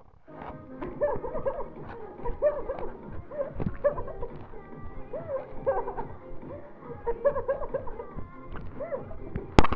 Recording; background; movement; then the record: laughter; music; sitting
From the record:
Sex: female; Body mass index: 18.8 kg/m2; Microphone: on the chest, facing the body